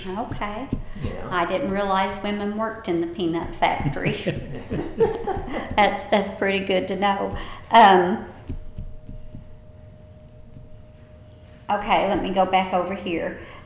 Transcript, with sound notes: Okay.
Yeah.
I didn't realize that women worked in the peanut factory. (Laughter) That's-- that's pretty good to know. Okay, let me go back over here.